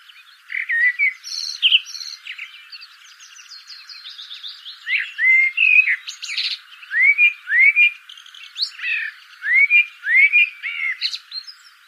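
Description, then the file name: Common blackbird giving a string of rich, slurred fluted whistles mixed with high scratchy twitters, phrases following one another closely. "Turdus merula"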